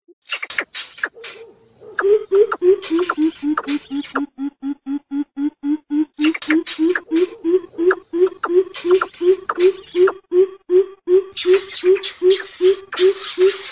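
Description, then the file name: Greater coucal begging calls: low, hollow notes repeated about three times a second in a long steady series, with bursts of clicking and rustling noise. Chick calling its mother. "Tieng bim bip non keu goi me"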